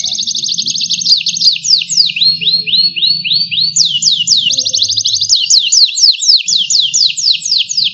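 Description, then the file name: Domestic canary song: rapid runs of high, downward-sweeping notes that shift midway into higher repeated phrases. Domestic Mahadewi canary. "kenari mahadewi omkicau"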